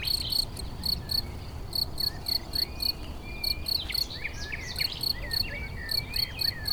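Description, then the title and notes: Crickets chirping in repeated short pulses, with a bird's varied whistled phrases weaving through and a low rumble beneath. Edge of a meadow rich in crickets near Chindrieux, France; west wind. "271 Rue de Vars, 73310 Chindrieux, France - Grillons et rossignol. Au bord d'une prairie riche en grillons"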